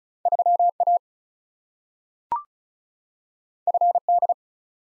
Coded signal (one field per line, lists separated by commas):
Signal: Morse code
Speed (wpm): 36 wpm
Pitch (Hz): 700 Hz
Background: none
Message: 3A FD